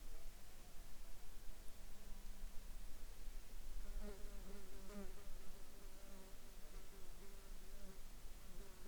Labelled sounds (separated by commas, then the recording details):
insects
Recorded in the Arctic National Wildlife Refuge, Alaska, on 10 July 2021 at 12:50
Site 41